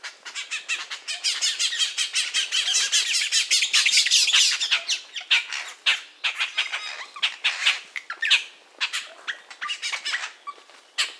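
Bird giving harsh, noisy squawks and squeals in rapid irregular bursts, several per second, loudest in the first half, then broken into shorter separate calls.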